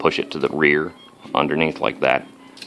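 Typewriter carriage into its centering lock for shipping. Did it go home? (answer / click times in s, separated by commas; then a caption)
no / none. Someone talks while bracing on the knob and pushing a small metal elbow under a Corona Folding typewriter to the rear, engaging the centering device that guides the metal typewriter carriage into its center lock for shipping. A few faint handling ticks follow near the end, but nothing has seated or clicked yet.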